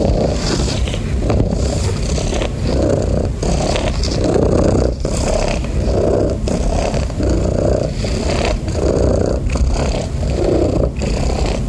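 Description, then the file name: Domestic cat purring steadily, a coarse low rumble pulsing in regular in-and-out cycles throughout. "SOUNDS FX MASTER - Relaxing Cat Purring Sounds"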